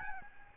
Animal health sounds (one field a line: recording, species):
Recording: mosquito wingbeat signal from an infrared sensor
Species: Aedes albopictus